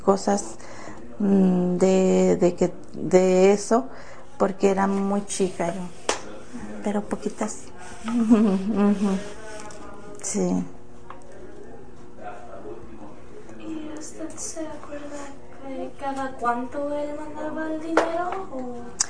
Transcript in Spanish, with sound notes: cosas de que, de eso porque era muy chica yo. Pero poquitas. (risas)
Y ¿usted se acuerda de cada cuánto él mandaba el dinero?